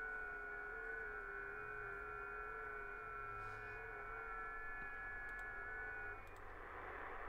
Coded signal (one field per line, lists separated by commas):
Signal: FT8